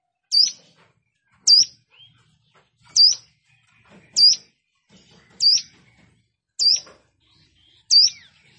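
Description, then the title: Plain prinia calls: seven sharp high notes, spaced a little over a second apart, in quiet surroundings. "Ciblek Sawah"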